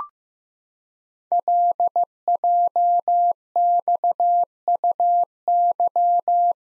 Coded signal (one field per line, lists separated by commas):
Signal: Morse code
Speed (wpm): 15 wpm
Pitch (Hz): 700 Hz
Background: none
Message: LJXUY